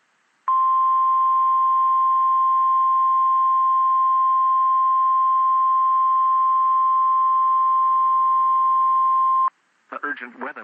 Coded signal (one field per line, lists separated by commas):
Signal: Emergency Alert System (SAME) tones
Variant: 1050 Hz attention tone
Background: speech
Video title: Tornado Warning Ohio Noaa Weather Radio WXL 51 Toledo Ohio 8/9/26